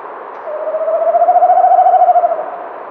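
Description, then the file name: Tawny owl hooting: a single sustained, tremulous hoot, low and wavering in a rapid pulsing rhythm for about two seconds. "kattugle"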